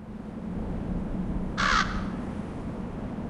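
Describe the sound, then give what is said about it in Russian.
A single harsh raven caw from a large raven flying in a clear blue sky, short and rasping, cuts in briefly over a low, steady background rumble, then silence returns. “Джиллиан повернулась и посмотрела в небо, услышав крик ворона.”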